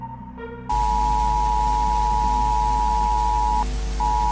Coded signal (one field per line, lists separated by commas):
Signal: Emergency Alert System (SAME) tones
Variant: 853 and 960 Hz attention tone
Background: music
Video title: EAS Simulación: El Sol Ha Desaparecido 20/02/2002